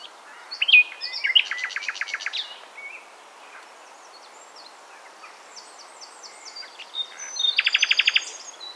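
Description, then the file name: Common nightingale song: varied phrases of fast, rattling repeated notes, a pause, then another rapid stuttering burst near the end. "Luscinia megarhynchos"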